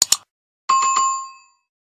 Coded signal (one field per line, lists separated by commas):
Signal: none